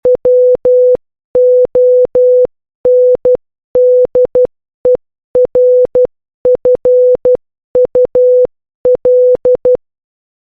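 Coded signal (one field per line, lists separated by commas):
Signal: Morse code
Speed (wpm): 12 wpm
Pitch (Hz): 500 Hz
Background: none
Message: WONDERFUL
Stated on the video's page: Morse code lesson on the letters A to Z.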